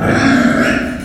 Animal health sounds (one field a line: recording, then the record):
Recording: squeal of a Yucatan mini pig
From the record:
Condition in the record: after surgery on the right vocal fold (resection and tissue-engineered implant)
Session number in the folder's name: 4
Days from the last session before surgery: 26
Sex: female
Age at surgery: 19 weeks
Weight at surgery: 25 kg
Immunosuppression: prednisolone